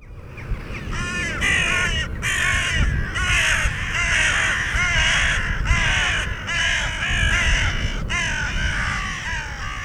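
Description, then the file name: Carrion crow cawing: raspy, downward-bending calls repeated in quick irregular bursts, with a constant low background rumble. "Corvus corone"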